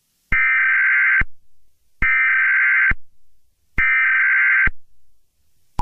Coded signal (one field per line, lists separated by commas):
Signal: Emergency Alert System (SAME) tones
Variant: header bursts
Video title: Mini EAS SCENARIO: Red Moon